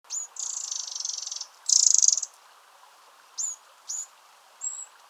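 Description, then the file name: Eurasian wren calling: a long, dry, buzzy rattle, then a louder burst, followed by three short high ticking notes, over a faint low hiss. "Troglodytes troglodytes"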